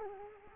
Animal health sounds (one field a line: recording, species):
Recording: mosquito wingbeat signal from an infrared sensor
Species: Culex quinquefasciatus